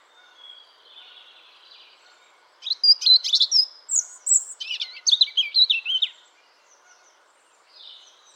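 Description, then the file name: European robin song phrase of rapid, high, liquid warbles and trilled notes lasting about three and a half seconds, framed by quiet, thin high sounds before and after. "Erithacus rubecula"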